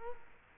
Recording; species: mosquito wingbeat signal from an infrared sensor; Culex quinquefasciatus